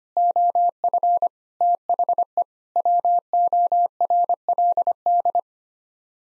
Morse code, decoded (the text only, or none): OF THE WORLD